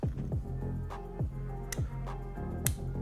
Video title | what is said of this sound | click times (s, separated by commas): HOW TO BUILD A GAMING PC - Complete STEP BY STEP Guide for Beginners in 2021 | as well with a click sound. So power and SATA is | 2.7 s